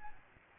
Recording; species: mosquito wingbeat signal from an infrared sensor; Aedes albopictus